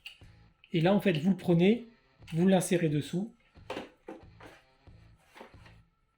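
A small 150 ml plastic mop water tank with its mop cloth is slid under a Dreame Bot Z10 Pro robot vacuum, where it clips in directly on the underside. Someone talks over background music, with soft handling knocks. Nothing has seated or clicked yet.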